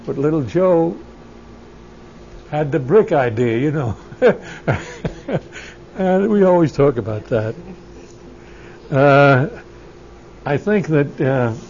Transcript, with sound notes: But Little Joe had the brick idea, you know. ( he laughs ) And we always talk about that. I think that,